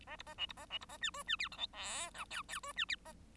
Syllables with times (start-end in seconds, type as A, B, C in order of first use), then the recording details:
0.06-0.17 A, 0.18-0.23 B, 0.26-0.34 A, 0.38-0.46 C, 0.48-0.53 B, 0.56-0.66 A, 0.70-0.78 C, 0.80-0.85 B, 0.88-0.97 A, 1.01-1.10 D, 1.13-1.23 E, 1.26-1.36 D, 1.39-1.49 F, 1.51-1.57 G, 1.57-1.67 H, 1.72-2.10 I, 2.14-2.25 J, 2.30-2.42 K, 2.48-2.60 K, 2.62-2.73 E, 2.76-2.85 D, 2.88-2.96 F, 3.04-3.12 A. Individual Bird1